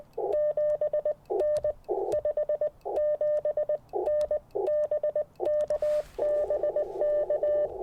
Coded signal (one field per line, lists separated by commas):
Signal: Morse code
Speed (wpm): 19 wpm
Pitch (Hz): 600 Hz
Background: none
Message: 7N 57N BK BK